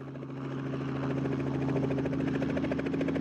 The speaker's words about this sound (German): Dann bringt uns der Helikopter in einem rasanten Steigflug zu einer Bergkette im Landesinneren.